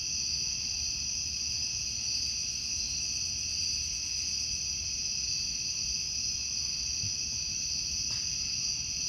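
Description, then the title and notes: High, shimmering cicada drone, steady and unvarying throughout, a faint click near the end. Outdoor summer recording of cicadas. "Ext Cicadas, Car Driving By, Summer by Bandeto"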